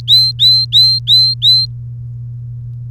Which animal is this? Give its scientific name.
Serinus canaria